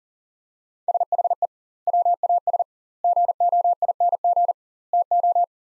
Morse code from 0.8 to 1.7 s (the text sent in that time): SHE